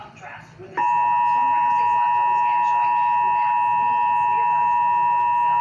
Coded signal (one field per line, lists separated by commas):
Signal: Emergency Alert System (SAME) tones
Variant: 853 and 960 Hz attention tone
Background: speech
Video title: EASyCAST Relay: Severe Thunderstorm Warning (7/6/20)(EAS #397)